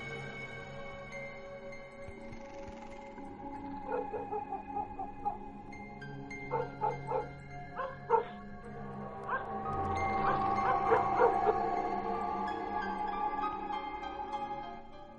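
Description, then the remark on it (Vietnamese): Dogs across a village hamlet yelp and bark at night in short, high-pitched bursts, some clustered in quick runs, with whimpering cries over a steady tonal hum in the background. “Tiếng chó cắn ma cứ nhấm nhằng từ đầu ấp đến cuối ấp.”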